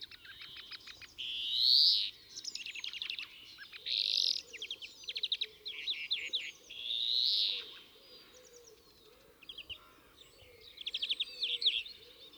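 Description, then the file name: European greenfinch song alternating drawn-out wheezing buzzes with fast twittered trills; a faint lower warbling runs underneath. "Chloris chloris"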